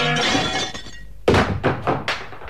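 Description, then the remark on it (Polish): A window pane smashes as a thrown stone wrapped in paper, signed Grobelny, strikes it: one sudden loud crash, then a few quick bursts of falling, tinkling glass shards that fade out. “O, kamień w papierku i podpis grobelny.”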